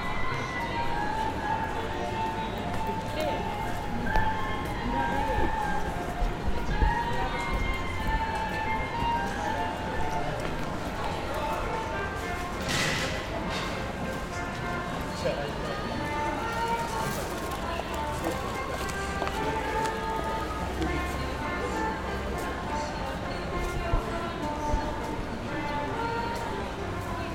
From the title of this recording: Nishiki Market (錦市場), Kyoto, Japan